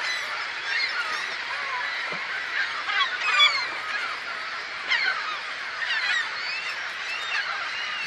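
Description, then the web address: Gulls in a noisy flock, many harsh and wailing cries overlapping constantly, with occasional sharper calls rising above the steady din. "чайки"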